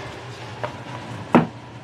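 A fitted part is pushed up into its mount during a vehicle or trailer repair, with a faint tap at about 0.6 seconds over a low background hum. A sharp click at 1.4 seconds marks the part seating into place.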